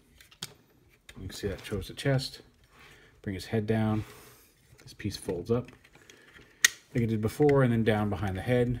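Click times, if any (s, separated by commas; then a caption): 0.4 s. A plastic side panel is clipped into the chest of a Fans Hobby MB-03 Feilong transforming robot toy, giving a sharp click at 0.4 s as it seats. Someone then talks while further pieces are handled, with another sharp snap near 6.7 s.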